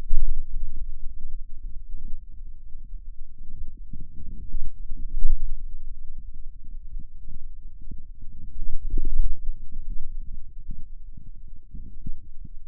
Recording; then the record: forearm muscle sounds (acoustic myography)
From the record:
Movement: wrist extension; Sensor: system 2, bracelet of six BSWA MPA416 microphones around the upper forearm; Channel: 5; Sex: male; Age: 22 years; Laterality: right